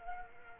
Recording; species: mosquito wingbeat signal from an infrared sensor; Culex quinquefasciatus